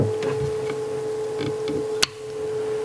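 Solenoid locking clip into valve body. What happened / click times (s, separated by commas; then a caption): The metal locking clip snapped into place / 2.0 s. A metal locking clip is fitted to hold the solenoid in the valve body of a BMW X3 3.0L GM5L40E transmission. Soft handling noises and a steady tone play under a low background hum. The clip snaps into place with a sharp click at 2.0 s, and the solenoid is seated.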